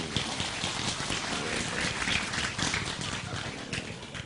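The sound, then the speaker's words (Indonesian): A crowd at a pengajian gathering applauds the Bupati (district regent) steadily, a dense, crackling wash of many hands clapping at once that holds an even loudness throughout, with faint voices mixed in underneath. “Tepuk tangan kagem Pak Bupati.”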